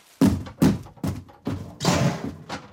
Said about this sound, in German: Rumsen. Krachen. Splittern. Die Spezialeinheit dringt in die Wohnung ein.